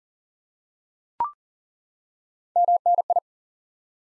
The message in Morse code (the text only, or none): MNI